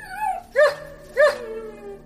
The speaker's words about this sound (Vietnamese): Tôi đang suy đoán ý đồ của nó, sói trắng đột nhiên há miệng kêu lên hai tiếng yếu ớt.